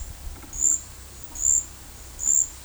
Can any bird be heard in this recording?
no